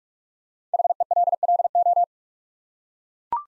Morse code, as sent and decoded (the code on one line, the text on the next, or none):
.... . .-.. .-.. ---
HELLO